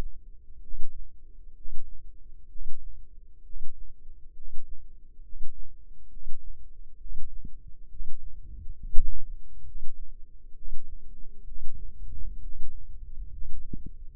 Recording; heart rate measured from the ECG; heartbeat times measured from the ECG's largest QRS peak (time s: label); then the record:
heart sounds by microphone in the left ear; 66 bpm
0.59 s: heartbeat
1.52 s: heartbeat
2.46 s: heartbeat
3.41 s: heartbeat
4.32 s: heartbeat
5.20 s: heartbeat
6.07 s: heartbeat
6.96 s: heartbeat
7.87 s: heartbeat
8.73 s: heartbeat
9.62 s: heartbeat
10.52 s: heartbeat
11.43 s: heartbeat
12.39 s: heartbeat
13.29 s: heartbeat
14.15 s: heartbeat
From the record:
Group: healthy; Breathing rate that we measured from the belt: 17 breaths a minute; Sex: male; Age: 35 years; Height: 180 cm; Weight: 86.9 kg